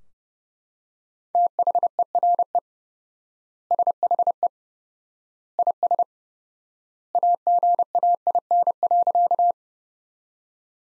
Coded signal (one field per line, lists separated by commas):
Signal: Morse code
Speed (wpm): 30 wpm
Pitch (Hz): 700 Hz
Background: none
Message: THERE SHE IS AGAIN.